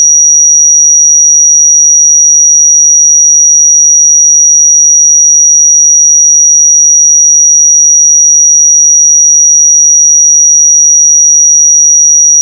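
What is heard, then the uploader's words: A pure sine tone at 5774 Hz holds perfectly steady and bright for the whole clip, unchanging in pitch and loudness, with nothing else behind it. 5774 Hz 1 Hz Interval Sine Pure Tone Frequency 441000 Sample Mono.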